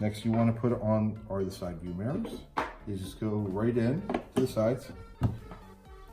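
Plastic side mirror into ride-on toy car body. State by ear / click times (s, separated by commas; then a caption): not seated / none. A plastic side mirror is handled at its socket on the side of a single-seat First Drive ride-on BMW 4-Series toy car body while someone talks throughout. The part has not snapped or seated yet; no click is heard before the clip ends.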